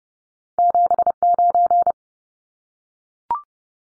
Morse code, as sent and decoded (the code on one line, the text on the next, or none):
--... ----.
79